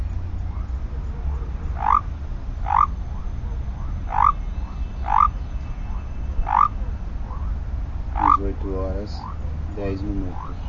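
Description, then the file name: Basin white-lipped frog whistling rising notes at irregular intervals, while a different croaking, nasal caller joins near the end over steady low background noise. "Leptodactylus mystaceus"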